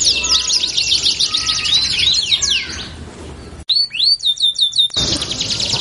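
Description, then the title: Belgian canary song: rapid buzzy trills that fade after three seconds, a short pause, then clear looping whistles and a return of fast trilling. Belgian canary song used as a lure to warm up canaries so they start singing along within seconds. "Canto Para Esquentar Canário Belga. LANGSUNG NYAUT. Pancingan suara kenari hitungan detik langsung ikut bunyi"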